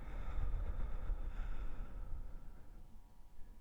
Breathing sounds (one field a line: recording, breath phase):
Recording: one breath near a microphone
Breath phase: exhalation